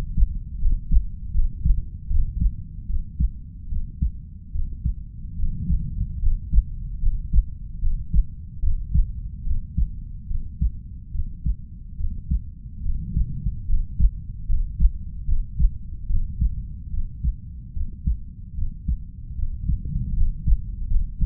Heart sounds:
heart sounds by stethoscope; 74 bpm
0.58 s: heartbeat
1.31 s: heartbeat
2.06 s: heartbeat
2.86 s: heartbeat
3.68 s: heartbeat
4.51 s: heartbeat
5.35 s: heartbeat
6.19 s: heartbeat
6.99 s: heartbeat
7.78 s: heartbeat
8.59 s: heartbeat
9.42 s: heartbeat
10.26 s: heartbeat
11.11 s: heartbeat
11.96 s: heartbeat
12.81 s: heartbeat
13.65 s: heartbeat
14.45 s: heartbeat
15.24 s: heartbeat
16.06 s: heartbeat
16.89 s: heartbeat
17.72 s: heartbeat
18.54 s: heartbeat
19.34 s: heartbeat
20.13 s: heartbeat
20.87 s: heartbeat
From the record:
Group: healthy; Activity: rest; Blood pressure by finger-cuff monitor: 108/54 mmHg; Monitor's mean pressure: 68 mmHg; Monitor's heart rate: 74 bpm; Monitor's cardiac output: 5.9 L/min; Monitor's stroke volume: 81 mL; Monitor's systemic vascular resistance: 830 dyn s/cm5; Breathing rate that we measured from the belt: 9 breaths a minute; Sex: female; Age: 32 years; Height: 168 cm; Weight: 61.9 kg

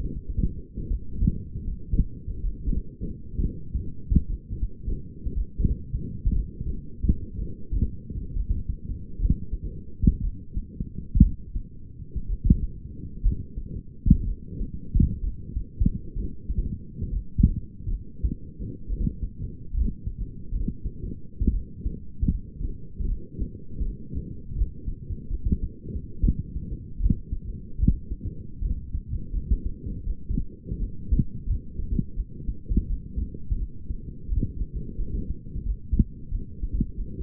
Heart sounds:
heart sounds by stethoscope; 72 bpm
0.89 s: heartbeat
1.66 s: heartbeat
2.42 s: heartbeat
3.40 s: heartbeat
4.28 s: heartbeat
5.35 s: heartbeat
6.34 s: heartbeat
7.37 s: heartbeat
8.34 s: heartbeat
9.18 s: heartbeat
10.22 s: heartbeat
11.21 s: heartbeat
12.27 s: heartbeat
13.23 s: heartbeat
14.25 s: heartbeat
15.22 s: heartbeat
16.14 s: heartbeat
17.11 s: heartbeat
17.89 s: heartbeat
18.88 s: heartbeat
19.72 s: heartbeat
20.51 s: heartbeat
21.51 s: heartbeat
22.30 s: heartbeat
23.07 s: heartbeat
23.83 s: heartbeat
24.54 s: heartbeat
25.29 s: heartbeat
26.21 s: heartbeat
26.98 s: heartbeat
27.77 s: heartbeat
28.60 s: heartbeat
29.32 s: heartbeat
30.05 s: heartbeat
30.78 s: heartbeat
31.46 s: heartbeat
32.15 s: heartbeat
32.88 s: heartbeat
33.58 s: heartbeat
34.28 s: heartbeat
34.97 s: heartbeat
35.65 s: heartbeat
36.30 s: heartbeat
36.97 s: heartbeat
From the record:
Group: healthy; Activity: light exercise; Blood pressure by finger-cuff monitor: 103/60 mmHg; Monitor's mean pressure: 74 mmHg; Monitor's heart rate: 69 bpm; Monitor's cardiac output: 6.2 L/min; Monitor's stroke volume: 93 mL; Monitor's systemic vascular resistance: 840 dyn s/cm5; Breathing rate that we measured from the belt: 13 breaths a minute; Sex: female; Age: 28 years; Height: 170 cm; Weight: 77 kg

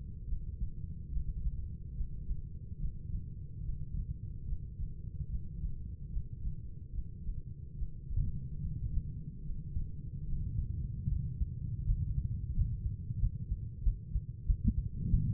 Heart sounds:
heart sounds by stethoscope; 77 bpm
0.25 s: heartbeat
1.09 s: heartbeat
1.93 s: heartbeat
2.77 s: heartbeat
3.61 s: heartbeat
4.44 s: heartbeat
5.27 s: heartbeat
6.09 s: heartbeat
6.91 s: heartbeat
7.74 s: heartbeat
8.58 s: heartbeat
9.41 s: heartbeat
10.24 s: heartbeat
11.07 s: heartbeat
11.84 s: heartbeat
12.53 s: heartbeat
13.19 s: heartbeat
13.82 s: heartbeat
14.45 s: heartbeat
15.09 s: heartbeat
From the record:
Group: healthy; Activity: breath hold 0-9 s, rest 9-15 s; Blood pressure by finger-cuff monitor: 100/55 mmHg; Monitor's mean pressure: 69 mmHg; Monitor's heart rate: 73 bpm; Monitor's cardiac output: 6.4 L/min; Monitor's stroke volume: 85 mL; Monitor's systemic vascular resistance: 770 dyn s/cm5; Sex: female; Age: 26 years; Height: 165 cm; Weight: 55 kg

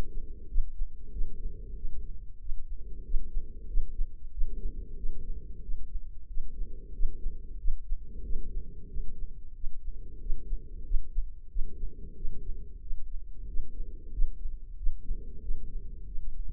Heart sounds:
heart sounds by microphone in the left ear; 92 bpm
0.49 s: heartbeat
1.12 s: heartbeat
1.76 s: heartbeat
2.40 s: heartbeat
3.04 s: heartbeat
3.68 s: heartbeat
4.32 s: heartbeat
4.97 s: heartbeat
5.62 s: heartbeat
6.28 s: heartbeat
6.93 s: heartbeat
7.59 s: heartbeat
8.24 s: heartbeat
8.89 s: heartbeat
9.55 s: heartbeat
10.20 s: heartbeat
10.85 s: heartbeat
11.50 s: heartbeat
12.16 s: heartbeat
12.81 s: heartbeat
13.47 s: heartbeat
14.12 s: heartbeat
14.77 s: heartbeat
15.42 s: heartbeat
16.06 s: heartbeat
From the record:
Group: healthy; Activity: rest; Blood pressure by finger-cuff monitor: 114/62 mmHg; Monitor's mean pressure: 80 mmHg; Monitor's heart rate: 93 bpm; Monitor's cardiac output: 7.4 L/min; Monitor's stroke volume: 79 mL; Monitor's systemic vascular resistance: 790 dyn s/cm5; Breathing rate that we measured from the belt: 17 breaths a minute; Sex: female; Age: 43 years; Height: 160 cm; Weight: 90 kg

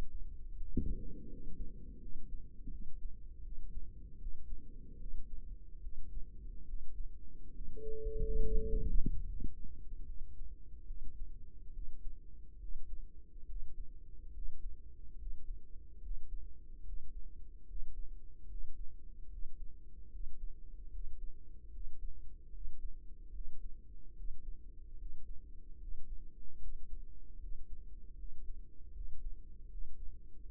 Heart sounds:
heart sounds by microphone in the right ear; 74 bpm
0.55 s: heartbeat
1.27 s: heartbeat
1.98 s: heartbeat
2.68 s: heartbeat
3.40 s: heartbeat
4.17 s: heartbeat
4.96 s: heartbeat
5.80 s: heartbeat
6.64 s: heartbeat
7.51 s: heartbeat
8.40 s: heartbeat
9.23 s: heartbeat
10.04 s: heartbeat
10.84 s: heartbeat
11.70 s: heartbeat
12.58 s: heartbeat
13.45 s: heartbeat
14.31 s: heartbeat
15.16 s: heartbeat
15.99 s: heartbeat
16.82 s: heartbeat
17.65 s: heartbeat
18.46 s: heartbeat
19.27 s: heartbeat
20.09 s: heartbeat
20.89 s: heartbeat
21.69 s: heartbeat
22.50 s: heartbeat
23.30 s: heartbeat
24.13 s: heartbeat
24.95 s: heartbeat
25.77 s: heartbeat
26.57 s: heartbeat
27.37 s: heartbeat
28.14 s: heartbeat
28.90 s: heartbeat
29.67 s: heartbeat
30.43 s: heartbeat
From the record:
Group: healthy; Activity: Valsalva maneuver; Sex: female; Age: 32 years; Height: 172 cm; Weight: 71.7 kg

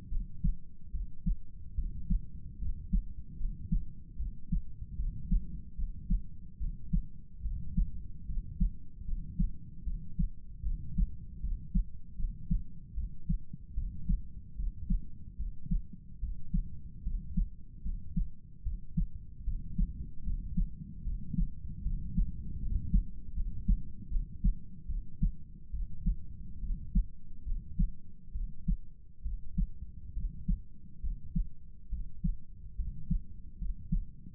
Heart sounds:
heart sounds by stethoscope; 73 bpm
0.09 s: heartbeat
0.92 s: heartbeat
1.76 s: heartbeat
2.59 s: heartbeat
3.37 s: heartbeat
4.17 s: heartbeat
4.97 s: heartbeat
5.76 s: heartbeat
6.58 s: heartbeat
7.42 s: heartbeat
8.26 s: heartbeat
9.05 s: heartbeat
9.84 s: heartbeat
10.63 s: heartbeat
11.41 s: heartbeat
12.17 s: heartbeat
12.95 s: heartbeat
13.75 s: heartbeat
14.56 s: heartbeat
15.37 s: heartbeat
16.20 s: heartbeat
17.04 s: heartbeat
17.83 s: heartbeat
18.63 s: heartbeat
19.44 s: heartbeat
20.24 s: heartbeat
21.04 s: heartbeat
21.83 s: heartbeat
22.60 s: heartbeat
23.34 s: heartbeat
24.09 s: heartbeat
24.87 s: heartbeat
25.71 s: heartbeat
26.61 s: heartbeat
27.44 s: heartbeat
28.33 s: heartbeat
29.23 s: heartbeat
30.14 s: heartbeat
31.01 s: heartbeat
31.90 s: heartbeat
32.76 s: heartbeat
33.58 s: heartbeat
From the record:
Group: healthy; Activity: rest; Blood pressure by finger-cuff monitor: 109/61 mmHg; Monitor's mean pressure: 75 mmHg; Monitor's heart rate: 74 bpm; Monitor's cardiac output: 7.5 L/min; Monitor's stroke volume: 101 mL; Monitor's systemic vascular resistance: 730 dyn s/cm5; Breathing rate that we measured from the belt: 20 breaths a minute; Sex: male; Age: 35 years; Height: 180 cm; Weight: 86.9 kg

